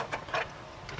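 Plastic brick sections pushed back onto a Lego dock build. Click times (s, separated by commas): 0.3 s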